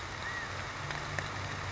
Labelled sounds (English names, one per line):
California Quail